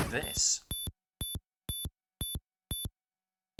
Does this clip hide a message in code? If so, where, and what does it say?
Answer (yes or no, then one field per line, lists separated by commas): no